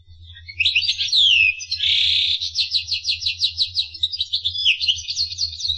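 Finch song opening with sweeping downslurred whistles and a buzzy burst, then a steady fast trill of repeated high notes, over a faint low hum.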